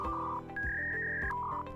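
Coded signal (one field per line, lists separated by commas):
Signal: fax machine handshake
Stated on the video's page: Fax transmission from a Xerox device.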